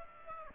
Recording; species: mosquito wingbeat signal from an infrared sensor; Aedes aegypti